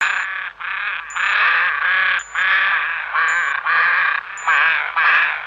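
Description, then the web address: Crow giving harsh, raspy caws in a fast run, each hoarse note clipped short, with a faint high tick repeating at steady intervals. "Kraehe"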